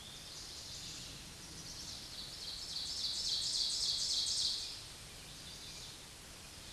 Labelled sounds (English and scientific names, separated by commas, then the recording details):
Ovenbird (Seiurus aurocapilla) song
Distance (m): 30 m
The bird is about 5 m above the microphone
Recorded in a Pennsylvania forest on 16 May 2024 at 07:23
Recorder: AudioMoth, point MSD-1539
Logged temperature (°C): 16.0 °C
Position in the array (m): 150 m, -7 m